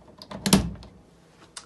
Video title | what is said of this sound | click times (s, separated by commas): Reliance 600-Series Time Switch Operation | the correct time is set just close the door snap in place | 0.5 s